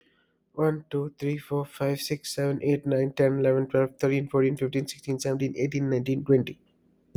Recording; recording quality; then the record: counting at a fast pace; excellent, no background noise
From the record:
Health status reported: COVID-19 positive, mild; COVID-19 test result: positive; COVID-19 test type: RT-PCR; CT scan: not taken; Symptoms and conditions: cough, sore throat, fatigue, muscle pain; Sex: male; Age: 25 years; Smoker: no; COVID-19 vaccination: both doses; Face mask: not worn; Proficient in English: yes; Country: India